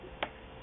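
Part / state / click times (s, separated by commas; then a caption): small screw into threaded hole of laptop case / seated / 0.2 s. While reinstalling a small screw into a threaded hole in a 2011 MacBook's case during a trackpad replacement, the screw is turned counter-clockwise until its thread start drops into place. A single short, sharp click is heard at 0.2 s over a quiet background, showing the thread is lined up and the screw is seated, ready to be turned forward to tighten.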